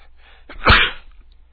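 A brief intake, then one short, muffled burst of air: a single adult male sneeze-like sound, an attempt to stifle the sneeze.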